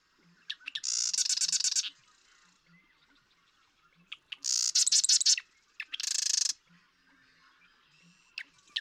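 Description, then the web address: Marsh Wren song: sputtering clicks leading into dry, rattling trills, three bursts in under seven seconds, then scattered ticks. "birdsongforthecurious Marsh Wren"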